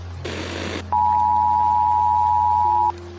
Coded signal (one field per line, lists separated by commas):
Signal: Emergency Alert System (SAME) tones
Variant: 853 and 960 Hz attention tone